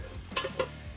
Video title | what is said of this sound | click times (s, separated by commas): Jack Stands Could Be ALL You Need!! [DIY Tutorial] | for the other side, we're gonna wanna go up those first two clicks, and | 0.4 s, 0.6 s